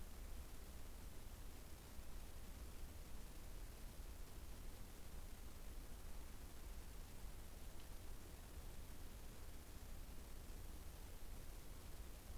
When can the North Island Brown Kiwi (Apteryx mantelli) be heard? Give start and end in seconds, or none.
none